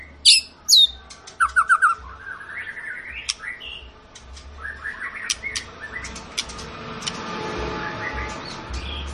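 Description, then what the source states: White-rumped shama song opening with loud high whistles and quick notes, then softer chatter fading into a hiss of background noise. Long lure recording of a vigorously singing White-rumped shama, used to prompt other shamas to sing.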